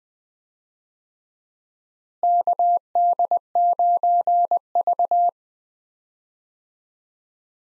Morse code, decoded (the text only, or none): KD9V